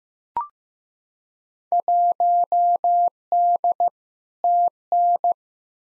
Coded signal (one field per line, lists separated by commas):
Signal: Morse code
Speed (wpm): 15 wpm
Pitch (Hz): 700 Hz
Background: none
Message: 1D TN